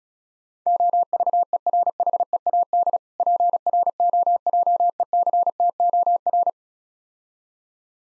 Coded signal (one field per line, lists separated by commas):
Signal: Morse code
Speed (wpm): 36 wpm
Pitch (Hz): 700 Hz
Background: none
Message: OVERHEAD PROJECTOR